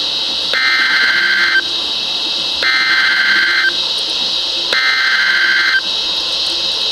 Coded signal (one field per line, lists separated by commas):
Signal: Emergency Alert System (SAME) tones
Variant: header bursts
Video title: Flood Warning 4-18-13 (EAS#64-66) TRIPPLE HEADER